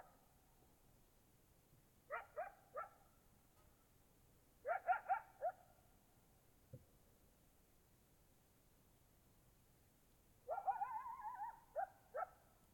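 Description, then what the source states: Coyote giving clipped yips in short groups, then a longer wavering, sliding yelp near the end, with quiet pauses between bouts. More than one coyote.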